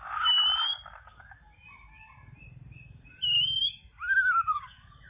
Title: kicau gelatik